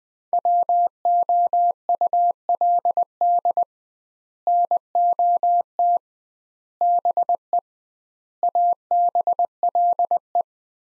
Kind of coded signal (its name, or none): Morse code